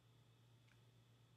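A plastic cap is being pushed back onto the body of a liquid eyeliner pen, with only faint handling noise over a steady low hum and a soft brief rustle near 0.7 seconds. Nothing has seated or clicked yet; the cap is not yet snapped shut.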